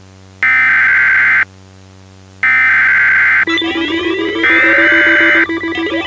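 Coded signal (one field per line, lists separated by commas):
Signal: Emergency Alert System (SAME) tones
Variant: header bursts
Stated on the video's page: Simulated EAS alert in a fictional scenario.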